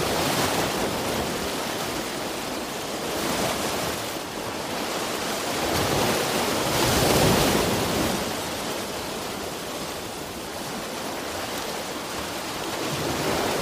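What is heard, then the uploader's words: Ocean surf rushes in a dense, continuous hiss that fills the whole range from low rumble to bright spray. The level swells gently every few seconds, strongest around seven seconds, as waves roll in and wash back without ever falling quiet. Ocean Sounds White Noise.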